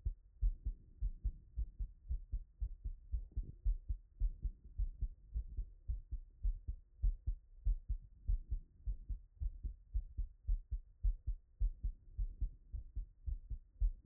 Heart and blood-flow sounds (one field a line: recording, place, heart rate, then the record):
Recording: heart sounds by stethoscope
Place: Erb's point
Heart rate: 105 bpm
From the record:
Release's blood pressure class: hypertension stage 1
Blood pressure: 133/76 mmHg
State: after exercise